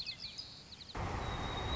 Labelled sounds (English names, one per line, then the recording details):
White-crowned Sparrow
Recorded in Sonoma County, California